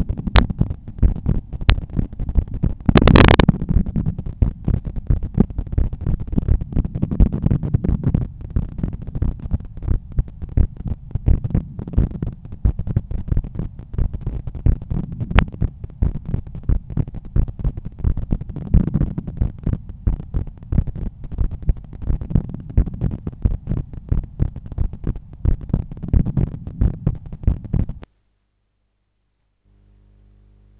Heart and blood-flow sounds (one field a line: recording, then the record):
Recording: heart sounds by stethoscope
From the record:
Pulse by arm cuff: 89 bpm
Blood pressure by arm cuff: 130/79 mmHg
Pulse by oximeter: 90 bpm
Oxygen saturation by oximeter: 96%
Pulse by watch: 90 bpm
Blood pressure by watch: 114/76 mmHg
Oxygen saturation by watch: 96%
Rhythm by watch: sinus rhythm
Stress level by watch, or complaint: low stress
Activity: after 5 min smoking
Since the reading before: plus 2700 steps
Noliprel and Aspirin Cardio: after pills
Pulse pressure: 51 mmHg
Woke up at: 6:50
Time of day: 20:10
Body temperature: 36.9 C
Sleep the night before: 8 h 16 min, score 66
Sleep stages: REM 20%, light 64%, deep 6%, awake 10%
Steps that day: 6850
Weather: rain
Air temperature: 18.3 C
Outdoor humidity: 89%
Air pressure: 1009 hPa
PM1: 1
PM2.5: 2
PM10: 2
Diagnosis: hypertension, treated with Noliprel and Aspirin Cardio 100 mg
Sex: male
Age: 53 years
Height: 174 cm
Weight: 81 kg